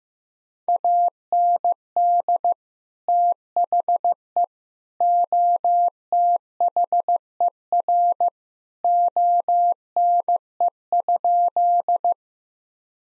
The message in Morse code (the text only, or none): AND THE OTHER ONE?